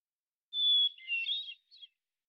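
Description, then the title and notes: A hermit thrush gives one song phrase: a sustained whistled introductory note, a jumble of ringing fluty notes, and a short high tail note, in silence. Single individual in Washington, Pacific Northwest, United States; song sequence isolated from original recording at natural pace and rhythm, ending with examples of eight basic phonemes and variants. "BIRDSong Thrushes And Allies - Hermit Thrush. Hermit Thrush, Catharus guttatus, individual performance, song sequence with an end block of example 8 basic phonemes and variants, isolated from original, natural pace and rhythm maintained Recorded in the beautiful Pacific Northwest, Washington, United States"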